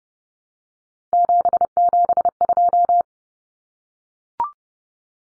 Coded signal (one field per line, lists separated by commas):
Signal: Morse code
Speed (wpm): 30 wpm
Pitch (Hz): 700 Hz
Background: none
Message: 772